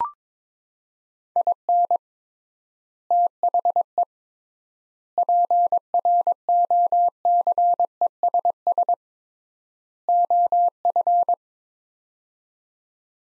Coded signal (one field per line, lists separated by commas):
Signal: Morse code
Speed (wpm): 22 wpm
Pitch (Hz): 700 Hz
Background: none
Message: IN THE PROCESS OF